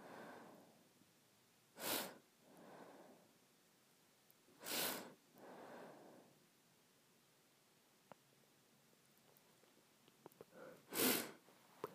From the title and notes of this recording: ASMR Sniffing and Smelling.